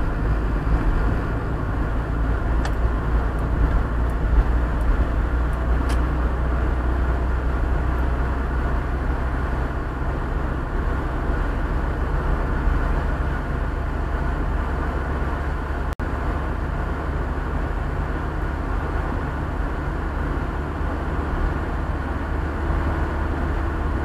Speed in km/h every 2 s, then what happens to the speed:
53, 55, 57, 59, 61, 63, 65, 67, 69, 70, 70, 71.
0-24 speeds up to 71.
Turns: none.